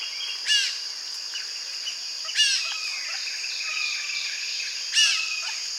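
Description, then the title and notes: Sharp-shinned hawk alarm call: three harsh, descending notes a couple of seconds apart, over a constant high drone. Alarming at the recordist's approach. "Black vultures flapping and squabbling, with a sharp-shinned hawk alarming at my approach."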